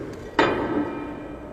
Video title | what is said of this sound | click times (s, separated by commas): Black water gel is the end what a surprise revelations/New Video/New Scandal/Live 24/7 | ये देखिए, ये भी लॉक हो गया पूरा का पूरा। | 0.4 s